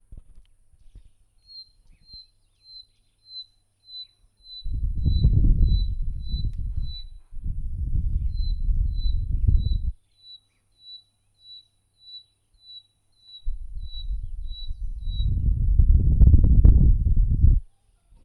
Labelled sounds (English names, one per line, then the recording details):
Western Black-headed Batis
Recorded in northern Uganda